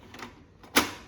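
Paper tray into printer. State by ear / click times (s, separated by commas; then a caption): seated / 0.8 s. A printer paper tray, closed after paper is added, is pushed into the printer until it clicks. Faint handling taps come first, then a sharp click at 0.8 s as the tray seats shut.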